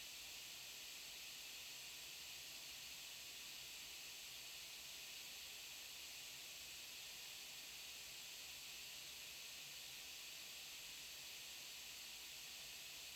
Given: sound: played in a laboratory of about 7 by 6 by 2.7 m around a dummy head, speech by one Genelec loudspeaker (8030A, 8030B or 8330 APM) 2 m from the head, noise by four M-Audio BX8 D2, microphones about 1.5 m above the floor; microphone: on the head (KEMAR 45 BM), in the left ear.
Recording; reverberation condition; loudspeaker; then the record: white noise; low; four, about 170 cm from the corners of the room and facing them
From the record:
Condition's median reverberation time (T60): about 310 ms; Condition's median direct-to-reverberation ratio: about 3.5 dB